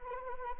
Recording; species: mosquito wingbeat signal from an infrared sensor; Anopheles arabiensis